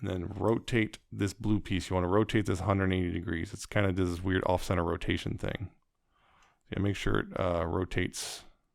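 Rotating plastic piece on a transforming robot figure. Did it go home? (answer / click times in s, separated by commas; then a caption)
no / none. Someone talks while a blue plastic piece on a transforming robot figure is being rotated 180 degrees, with a brief quiet pause midway and faint handling sounds. The piece has not clicked into place yet; nothing has seated.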